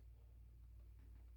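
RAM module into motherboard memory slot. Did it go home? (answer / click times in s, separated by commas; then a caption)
no / none. The last RAM stick is being pushed with careful, even pressure into a memory slot on a Dell OptiPlex 7050 motherboard. Only a steady low hum and faint handling noise are heard. Nothing has seated or clicked yet.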